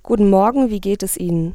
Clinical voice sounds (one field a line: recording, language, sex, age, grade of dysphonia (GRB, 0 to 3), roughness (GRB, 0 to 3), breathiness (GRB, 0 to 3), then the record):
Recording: spoken sentence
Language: German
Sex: female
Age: 20 to 29 years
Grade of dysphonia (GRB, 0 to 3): 0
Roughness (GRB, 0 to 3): 0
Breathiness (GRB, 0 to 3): 0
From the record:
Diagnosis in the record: healthy voice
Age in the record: 21 years